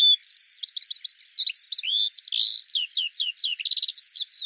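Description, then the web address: Eurasian skylark singing a hurried, high, continuous stream of chirps, slurred notes and short rattling trills without pause. "Deverinetal 2025 File cleaned normalized Bird Al Ar"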